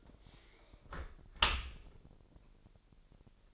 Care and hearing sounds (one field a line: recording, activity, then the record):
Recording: daily activity, microphone in the room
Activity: close dishwasher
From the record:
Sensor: 5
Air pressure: 1000.7 hPa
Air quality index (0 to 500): 248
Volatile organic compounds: 34 ppm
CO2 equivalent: 3049 ppm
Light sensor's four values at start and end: 30/70/28/26 and 31/70/28/26